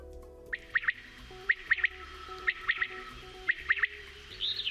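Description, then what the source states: Common quail calling, a liquid three-note phrase repeated four times. The bird is mating and gives a distinct mating sound; very vocal, singing mornings, afternoons and nights.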